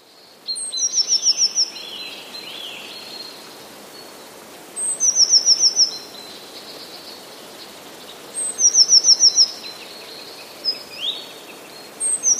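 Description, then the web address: Eurasian blue tit song: a sharp high note, then a fast trill of descending notes, repeated roughly every four seconds with softer sliding calls between. "modraszkoteka"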